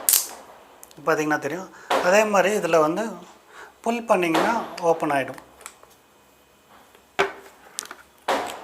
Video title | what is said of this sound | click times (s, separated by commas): Helmet Unboxing-No Helmet No Entry- Tamil Review | push பண்ணிங்கன்னா போதும், lock ஆகிக்கும். பார்த்திங்கன்னா | 0.1 s